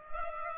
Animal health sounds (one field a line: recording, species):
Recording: mosquito wingbeat signal from an infrared sensor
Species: Culex pipiens